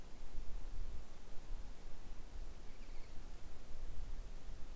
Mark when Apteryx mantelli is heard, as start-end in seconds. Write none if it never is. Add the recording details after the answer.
none. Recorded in New Zealand on 7 November 2014. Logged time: 22:14. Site CJ68